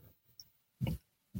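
An adult snoring in bed at night: low-pitched snore bursts.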